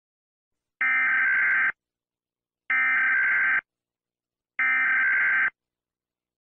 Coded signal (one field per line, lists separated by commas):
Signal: Emergency Alert System (SAME) tones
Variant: header bursts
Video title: EAS Scenario - Shockwave (Strange Matter Apocalypse)